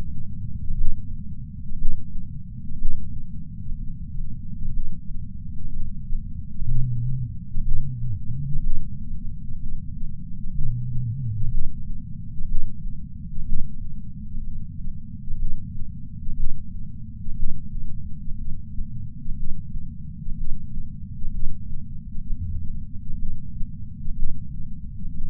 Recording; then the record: heart sounds by patch sensor on the chest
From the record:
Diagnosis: coronary artery disease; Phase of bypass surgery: preoperative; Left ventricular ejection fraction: 56.8%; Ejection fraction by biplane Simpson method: 51.5%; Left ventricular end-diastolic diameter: 44 mm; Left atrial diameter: 36 mm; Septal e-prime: 5.5 cm/s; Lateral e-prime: 7.2 cm/s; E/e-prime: 9.8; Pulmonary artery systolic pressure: 20 mmHg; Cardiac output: 4.1 L/min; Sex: male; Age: 71 years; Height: 160 cm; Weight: 67 kg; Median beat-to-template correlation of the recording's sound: 0.83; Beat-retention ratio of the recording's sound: 0.99